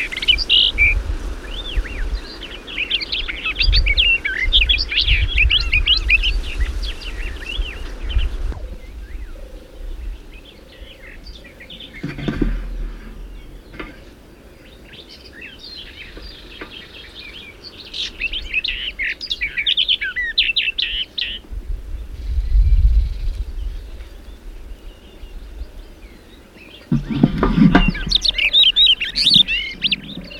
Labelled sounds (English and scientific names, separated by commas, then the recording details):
Barred Warbler (Sylvia nisoria) song
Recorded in the wild
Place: Tulcea, M?cin-Gebirge, Dobrogea, DE
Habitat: mountains
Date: 1973-05-10
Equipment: Nagra III BH, Sennheiser MD 21, parabola
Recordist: Schubert, Michael
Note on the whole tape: Gesang und Schnarren Sperbergrasmücke, (Wind!)